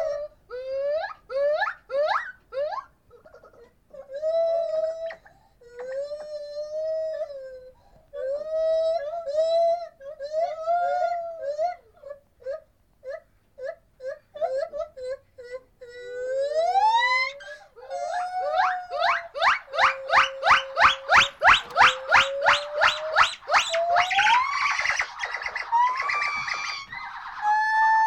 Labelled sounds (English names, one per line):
Lar Gibbon